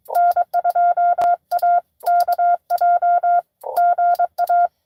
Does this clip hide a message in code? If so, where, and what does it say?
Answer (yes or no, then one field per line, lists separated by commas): yes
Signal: Morse code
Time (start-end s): 0.2-4.7 s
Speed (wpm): 22 wpm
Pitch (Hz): 690 Hz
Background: none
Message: N2AKJ GA